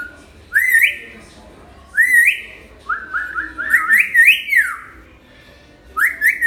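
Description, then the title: Hill myna song of loud rising whistles, including a stepped run of climbing notes, repeated in bursts. Lively-singing (gacor) hill myna; recording intended as a tutor track (masteran) for training birds. "Suara Burung Beo Gacor Cocok Untuk Masteran"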